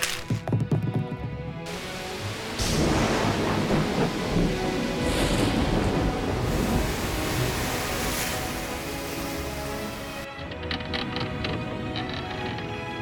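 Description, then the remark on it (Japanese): Steady, heavy rain hisses and patters through a thunderstorm, leaking into a ship as wind blows in, with low rumbling thunder rolling underneath for several seconds before the downpour eases toward a lighter, drippier patter. “雨漏りか、気がつかなかった。”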